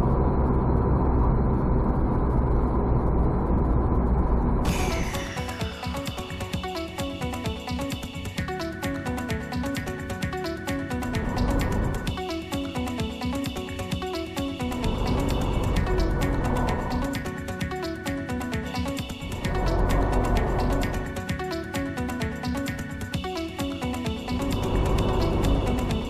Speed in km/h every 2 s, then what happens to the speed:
88, 81, 76, 72, 68, 64, 62, 61, 60, 59, 60, 61, 64.
0-11 slows to 62. 11-18 steady at about 60.